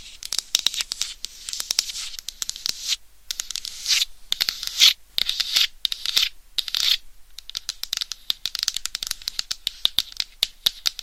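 Scratching and tapping on a microphone: bursts of bright, hissy scratching come and go through the first seven seconds, broken by brief silences. Sharp, dry taps and clicks run throughout, thickening into rapid irregular clusters toward the end.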